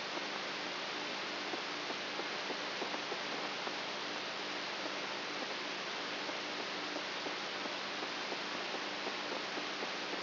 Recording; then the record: brain microelectrode recording played as sound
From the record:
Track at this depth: outside the subthalamic nucleus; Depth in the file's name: 7.24 mm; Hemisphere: right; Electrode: 3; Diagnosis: Parkinson's disease